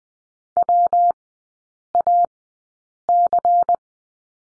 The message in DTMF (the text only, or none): none